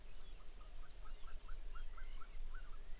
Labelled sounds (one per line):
songbird
waterfowl